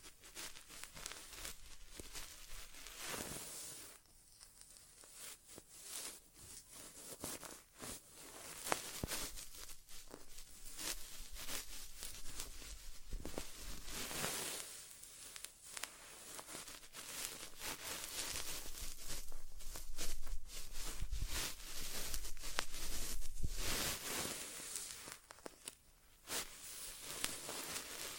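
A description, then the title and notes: An inner ear exam with no talking: dense crinkling, rustling and scratching sounds that come in uneven bursts, with brief quieter gaps around 4, 15 and 25 seconds. The texture is bright and crackly, rising and falling in loudness without any steady rhythm. ASMR Inner Ear Exam (No Talking).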